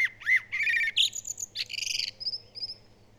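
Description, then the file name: Common blackbird song phrase: rising and falling flute-like whistles, then a burst of buzzy, high twittering and a few faint squeaks over a hissy background. "Turdus merula"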